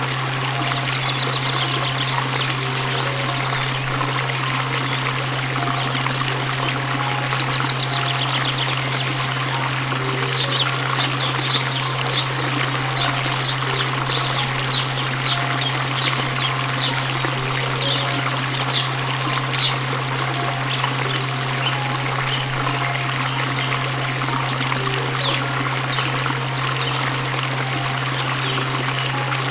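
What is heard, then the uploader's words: Water splashes and pours steadily for the whole half minute, dense, over a constant low hum. From about ten seconds to twenty-five, quick high bird chirps repeat rapidly above the water, then thin out toward the end. Birds and splashing water.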